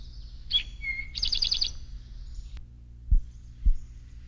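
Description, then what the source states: Rufous-sided Towhee song: a sharp note, a lower steady whistle, then a rapid buzzy trill, followed by two low thumps. Normal song, which some field guides render as 'Drink your tea'.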